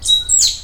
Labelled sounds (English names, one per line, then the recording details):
Stitchbird song
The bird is a male
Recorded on Tiritiri Matangi Island, New Zealand, in 2005
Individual 20, of nest box 28